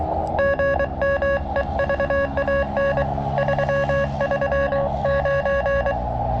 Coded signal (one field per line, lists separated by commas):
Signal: Morse code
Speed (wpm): 24 wpm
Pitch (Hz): 590 Hz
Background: none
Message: GM EVAN 339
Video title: Partial POTA at US-4567